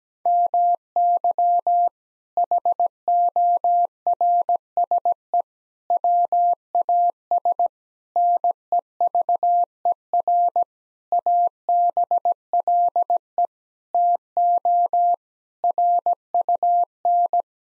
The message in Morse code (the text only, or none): MY HORSE WAS NEVER ABLE TO RUN